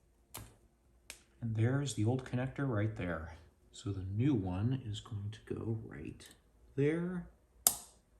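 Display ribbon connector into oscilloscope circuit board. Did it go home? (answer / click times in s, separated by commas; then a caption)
yes / 7.7 s. A new replacement display ribbon connector is pressed into its footprint on the circuit board of a 1990s Tektronix TDS210/TDS220 digital oscilloscope before soldering, while someone talks. Two faint clicks come at 0.4 and 1.1 seconds. A sharp, loud click at 7.7 seconds marks the connector seating into place.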